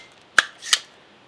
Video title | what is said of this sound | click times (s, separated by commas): CMMG Banshee 300BLK Review | and you just lock this open up quick this | 0.4 s